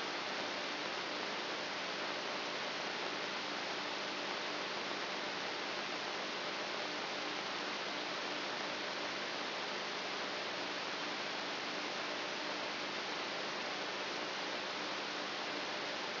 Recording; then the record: brain microelectrode recording played as sound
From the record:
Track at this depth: outside the subthalamic nucleus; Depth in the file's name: 1.241 mm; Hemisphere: left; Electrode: 3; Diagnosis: Parkinson's disease